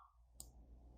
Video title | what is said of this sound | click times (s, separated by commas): ARAGON® Divemaster Central Tourbillon & Millipede Automatic Tourbillon | And when you're done, press it in, you hear a click. | 0.4 s